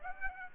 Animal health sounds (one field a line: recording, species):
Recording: mosquito wingbeat signal from an infrared sensor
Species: Aedes aegypti